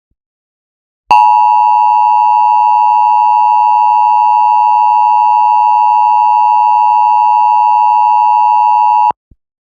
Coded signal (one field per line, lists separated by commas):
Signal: Emergency Alert System (SAME) tones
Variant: 853 and 960 Hz attention tone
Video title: EAS - Shooting in Tucson